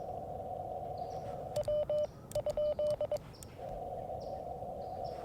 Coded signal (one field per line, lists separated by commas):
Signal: Morse code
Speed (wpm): 21 wpm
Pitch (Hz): 600 Hz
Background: none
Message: W?